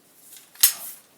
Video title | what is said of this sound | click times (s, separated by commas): Sig Sauer .22 Virtus Air rifle belt magazines compatible with .177 MPX & MCX? | so 177 magazine sig sauer belt fed locks in place | 0.6 s